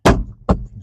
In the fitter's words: Just pops right in.